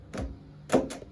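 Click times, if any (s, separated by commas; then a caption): none. The outer sash of an Andersen Narroline window, its pins set at a slight angle in the outer slot, is slid down along the frame's side tracks, giving short scraping knocks near 0.2 s, 0.7 s and 0.9 s. Nothing has seated or clicked into place yet.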